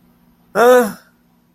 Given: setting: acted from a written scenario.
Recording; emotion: vocal sound without words; fear